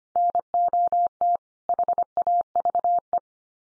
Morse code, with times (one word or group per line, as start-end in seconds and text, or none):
0.2-1.4 NOT
1.7-3.2 HAVE